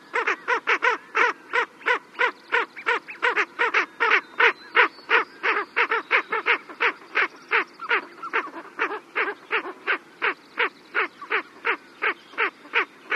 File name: Ring necked Duck